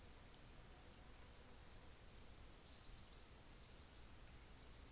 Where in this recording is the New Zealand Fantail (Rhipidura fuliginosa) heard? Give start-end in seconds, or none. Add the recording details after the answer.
0.27-4.92. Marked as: faintness 1/5. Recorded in New Zealand on 24 December 2018. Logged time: 15:45